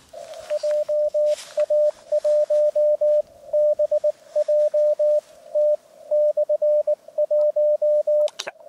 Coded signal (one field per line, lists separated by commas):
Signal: Morse code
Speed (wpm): 22 wpm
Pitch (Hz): 600 Hz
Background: radio noise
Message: JA1BJT/1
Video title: お昼休み 河川敷プチ移動運用(その2) 上岡沙織さん JP7VEA局とCW交信 CQ ham radio CW運用 入門編 連載中 15WPM 2022/02/09 アマチュア無線 VLOG 47